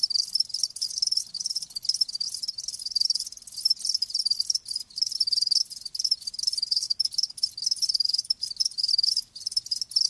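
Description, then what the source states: Crickets giving a dense, high, buzzing chorus of rapid chirps, nearly unbroken throughout with occasional tiny gaps. Live crickets chirping, a lulling song.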